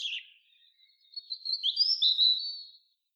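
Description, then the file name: Common blackbird gives a short squeak, then a long, thin, high drawn-out note that wavers slightly. "Turdus merula"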